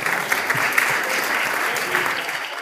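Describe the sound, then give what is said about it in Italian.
Audience applause for a bidder at an auction, a steady wash of many hands clapping at once, dense and sustained for a few seconds with a few sharper individual claps standing out. “50 Federico Bernocchi, guarda, ne ha offerte, un applauso.”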